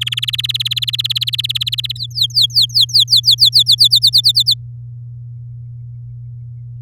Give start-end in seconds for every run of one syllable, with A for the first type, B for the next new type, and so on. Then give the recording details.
0.01-1.92 A, 1.95-3.88 B, 3.90-4.54 C. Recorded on 10 May 2018 at 11:36. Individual llb16